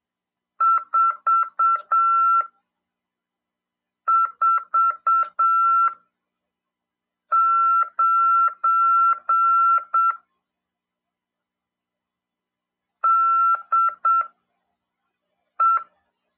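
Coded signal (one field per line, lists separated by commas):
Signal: Morse code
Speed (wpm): 7 wpm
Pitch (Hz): 1350 Hz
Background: none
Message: 449 DE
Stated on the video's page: Ham radio class lesson on CW, broadcast over FM 146.410 MHz.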